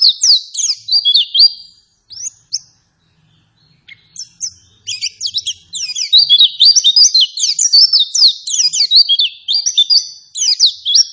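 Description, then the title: White-eye song: rapid, high twittering phrases of sweeping, downslurred notes, then a lull of sparse notes between about two and five seconds, then a sustained run of dense chattering notes. Lure song of a vigorous, insistent pleci played to provoke other white-eyes to respond and answer back. "Pleci Gacor. Apapun plecinya AKAN LANGSUNG MERESPON dan NYAUT dengan pancingan pleci ngotot ini"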